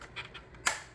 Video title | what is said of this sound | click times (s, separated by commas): Is Bonsenkitchen VS2500 the Best Food Vacuum Sealer on the Market? Our Product Review! | There you go. Both sides have to click. | 0.7 s